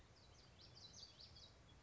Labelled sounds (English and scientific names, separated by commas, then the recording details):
Common Yellowthroat (Geothlypis trichas)
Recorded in Sonoma County, California